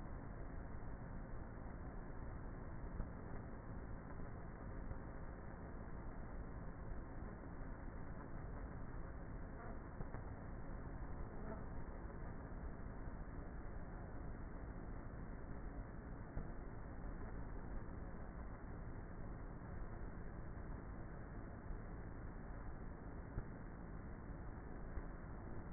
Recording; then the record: honeybee colony, microphone inside the hive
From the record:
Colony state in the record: queenless with a low population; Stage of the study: before two queens were removed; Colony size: about 30,000 bees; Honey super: no